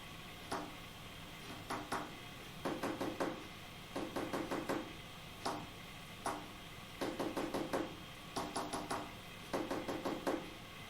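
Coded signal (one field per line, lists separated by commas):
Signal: tap code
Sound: groups of sharp knocking taps, two to six per group, with short pauses between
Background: quiet room hum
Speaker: Let's pay more attention to the taps. I want to pay more attention to these taps.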